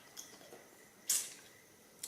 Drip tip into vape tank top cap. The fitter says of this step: I put the secondary tip in, and that snaps into place.